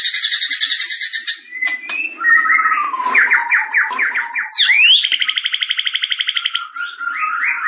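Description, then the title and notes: White-rumped shama song: a fast buzzing trill, a mix of whistled notes and rapid chatter, a quick rising sweep, and another fast trill. Described as singing actively (gacor); said to be used by champion birds. "Masteran Murai Yang Di Pakai Semua Burung Juara - Masteran murai Khusus Burung Juara. Murai Batu Gacor"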